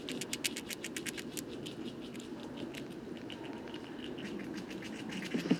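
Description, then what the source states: Eurasian red squirrel gnawing, a quick burst of sharp clicks at the start, then scattered, fainter ticks, with a brief low knock near the end. Bois de Vincennes, 23 November 2018, foggy, 5°C; gorging on seeds of many fruiting conifers before winter rest.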